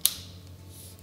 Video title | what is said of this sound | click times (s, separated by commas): Black Diamond Distance Z Trekking Poles | So if I just extend that out, I hear a positive click and I can see that little button. | 0.0 s